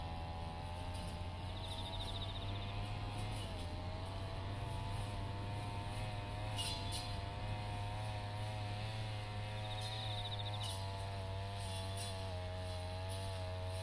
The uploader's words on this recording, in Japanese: 環境音 機械音あり サツマイモ畑の草刈り。サツマイモの畝間を行ったり来たり、ひたすら草刈り機で草刈りです。そして、夜も徐々に肌寒くなってきて、頑張っているのはひたすら相手を探す秋虫たちの鳴き声。